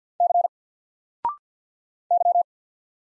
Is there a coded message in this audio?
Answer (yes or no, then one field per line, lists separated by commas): yes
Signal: Morse code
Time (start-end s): 0.2-2.4 s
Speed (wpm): 50 wpm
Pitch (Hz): 700 Hz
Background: none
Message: C Y